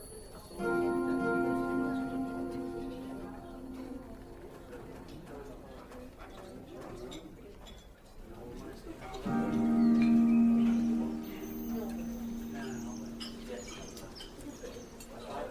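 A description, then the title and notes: Fantasy fairy cafe ambience: two long, ringing chime-like tones swell in around the first second and again near nine seconds, each fading slowly over several seconds. Beneath them runs a low murmur of soft voices, with faint bird-like chirps and a high shimmer. Fantasy fairy cafe asmr ambience.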